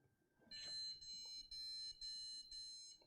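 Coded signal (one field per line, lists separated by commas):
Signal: beep code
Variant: PC motherboard POST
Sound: a click, then a harsh steady buzzer beep lasting about 2.5 seconds with brief breaks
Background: small room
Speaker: okay so the fact that we're getting the same error code indicates to me that this is not a ram related issue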